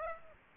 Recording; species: mosquito wingbeat signal from an infrared sensor; Aedes aegypti